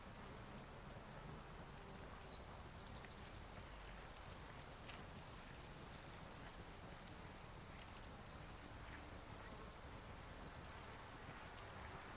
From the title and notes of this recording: We spent a lovely afternoon on Mt St Helens. The recording was filled with wind noise. Sound Devices 702 mid/ pressure: MKH8020 side/ gradient: MKH30. Biophony: Insect.